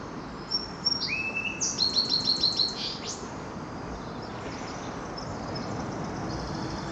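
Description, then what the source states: Sparrow song: a high thin whistle, a lower drawn-out whistle, then a quick run of several sweet trilled notes and a final slur, over steady surf-like hiss. Sparrows on an ocean shore.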